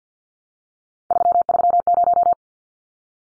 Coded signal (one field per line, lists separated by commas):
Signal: Morse code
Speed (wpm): 50 wpm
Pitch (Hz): 700 Hz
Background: none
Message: 330